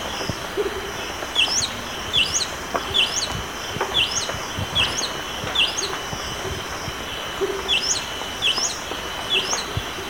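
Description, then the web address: Orange-throated Tanager calls: sharp, upward-slurred high chips repeated roughly once a second in an uneven series, over a steady hissing background. Recorded in Ecuador. "Birds of Ecuador. Orange-throated Tanager"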